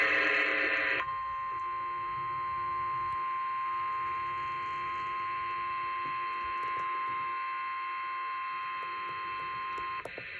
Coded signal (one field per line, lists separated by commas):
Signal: Emergency Alert System (SAME) tones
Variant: 1050 Hz attention tone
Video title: 3/14 Flash Flood Warning (EAS Capture #92)